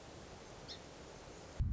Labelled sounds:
Song Sparrow
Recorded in Sonoma County, California

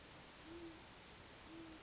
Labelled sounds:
Great Horned Owl
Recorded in Sonoma County, California

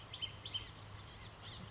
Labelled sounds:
Blue-gray Gnatcatcher
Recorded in Sonoma County, California

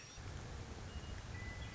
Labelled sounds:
Western Meadowlark
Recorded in Sonoma County, California

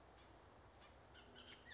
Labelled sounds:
Bullock's Oriole
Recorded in Sonoma County, California

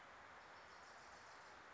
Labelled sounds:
Wilson's Warbler
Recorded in Sonoma County, California

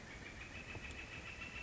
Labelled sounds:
Northern Flicker
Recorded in Sonoma County, California

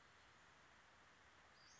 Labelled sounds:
Western Flycatcher
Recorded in Sonoma County, California

